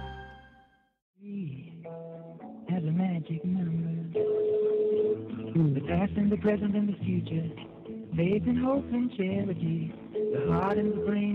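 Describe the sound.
A steady telephone ring tone sounds for about a second, then cuts to a short high beep, after which a voice starts talking and continues to the end.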